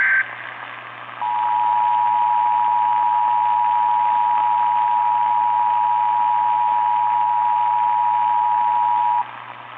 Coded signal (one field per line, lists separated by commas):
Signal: Emergency Alert System (SAME) tones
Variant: 853 and 960 Hz attention tone